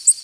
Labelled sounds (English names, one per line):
Tennessee Warbler flight call